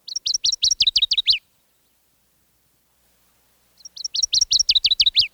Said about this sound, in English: Here also the northern water thrush teeters and scolds and sends its ringing notes through the flooded woods. Sweet, sweet, sweet, where, he calls.